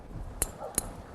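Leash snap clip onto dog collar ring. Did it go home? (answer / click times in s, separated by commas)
yes / 0.4 s, 0.8 s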